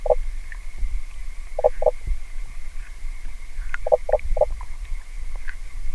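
Common spadefoot call: soft hollow knocking notes, a single one, then a pair and a run of three, over a constant low rumble.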